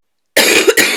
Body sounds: coughing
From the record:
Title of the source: 60 coughing still (deep and wet cough)

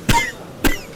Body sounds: coughing mixed with background sound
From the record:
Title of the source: Coughing 51

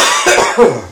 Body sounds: coughing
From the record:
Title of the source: Spring Cold Coughing 2

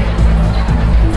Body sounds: background sound without coughing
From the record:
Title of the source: Party Noise 1 Hour Party Ambience

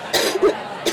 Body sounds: coughing mixed with background sound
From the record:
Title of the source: 55 gaggy wet cough

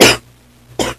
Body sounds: coughing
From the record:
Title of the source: 61 morning phlegmy cough...again

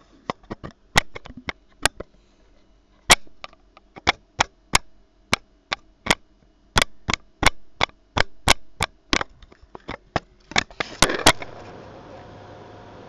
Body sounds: background sound without coughing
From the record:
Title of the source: wind

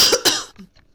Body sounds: coughing mixed with background sound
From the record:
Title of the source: November cold (wet coughing)

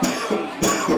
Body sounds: coughing mixed with background sound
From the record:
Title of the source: Spring Cold Coughing 3

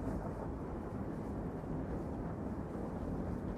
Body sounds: background sound without coughing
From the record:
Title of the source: Train Ride Ambience ambient white noise for sleeping, focus, studying, reading

